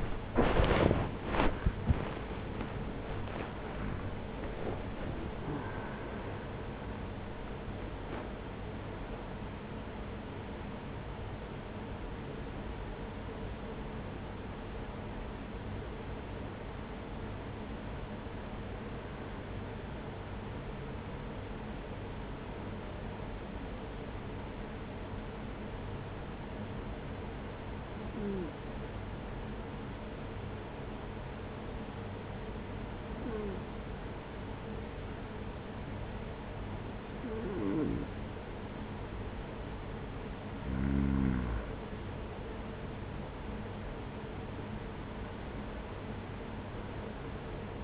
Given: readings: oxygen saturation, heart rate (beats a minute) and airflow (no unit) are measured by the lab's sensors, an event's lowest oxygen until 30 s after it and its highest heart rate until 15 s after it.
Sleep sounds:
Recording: breathing in sleep by a voice recorder at the bedside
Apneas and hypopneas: 1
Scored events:
0.00-24.00 s: awake
19.00-40.30 s: hypopnea (scored as awake, oxygen 98% highest, then 90% lowest, heart rate 61 at the start, 61 highest)
23.00-47.84 s: new sleep stage, N1 (lightest sleep)
From the record:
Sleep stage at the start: awake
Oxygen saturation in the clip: 92 to 98%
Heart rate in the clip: 45 to 83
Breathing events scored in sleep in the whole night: 210 in 6.9 hours asleep

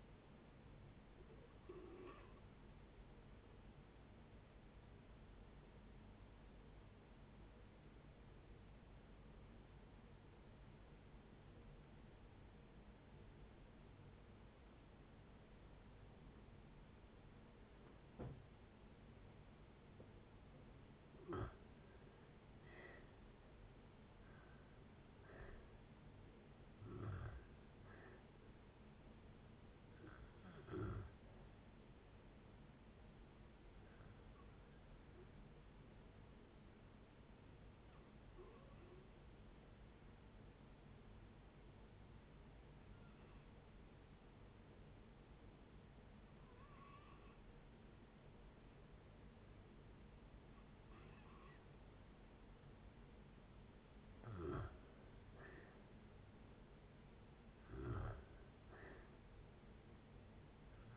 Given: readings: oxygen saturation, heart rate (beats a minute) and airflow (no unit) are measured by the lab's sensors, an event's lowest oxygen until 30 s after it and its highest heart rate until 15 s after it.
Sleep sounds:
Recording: breathing in sleep by a voice recorder at the bedside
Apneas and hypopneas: 2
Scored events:
5.00-22.10 s: obstructive apnea (N2, oxygen 94% highest, then 81% lowest, heart rate 66 at the start, 73 highest)
10.00-40.00 s: new sleep stage, N1 (lightest sleep)
31.00-53.90 s: hypopnea (N1, oxygen 95% highest, then 85% lowest, heart rate 72 at the start, 72 highest)
40.00-60.97 s: new sleep stage, N2 (light sleep)
From the record:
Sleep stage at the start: N2 (light sleep)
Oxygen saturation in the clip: 81 to 96%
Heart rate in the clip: 54 to 73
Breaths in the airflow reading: 10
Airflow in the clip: -6.6 to 7.5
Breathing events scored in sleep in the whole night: 496 in 5.4 hours asleep

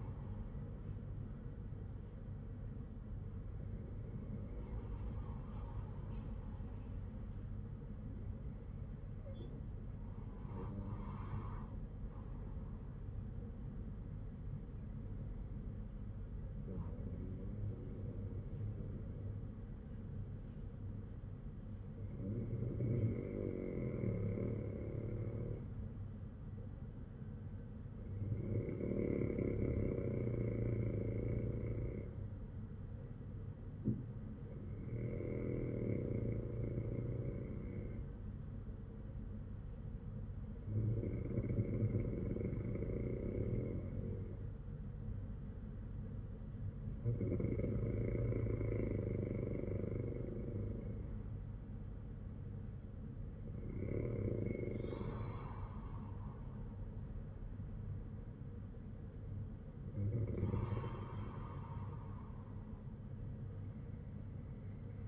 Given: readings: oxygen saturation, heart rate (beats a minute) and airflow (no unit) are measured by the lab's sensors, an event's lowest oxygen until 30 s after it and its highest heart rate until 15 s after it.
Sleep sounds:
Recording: breathing in sleep by a smartphone at the bedside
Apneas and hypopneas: none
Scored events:
none scored
From the record:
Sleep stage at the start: N2 (light sleep)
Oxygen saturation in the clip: 96 to 97%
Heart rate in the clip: 53 to 60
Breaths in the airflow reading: 10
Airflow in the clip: -6.6 to 5.9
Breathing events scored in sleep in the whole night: 182 in 7.4 hours asleep

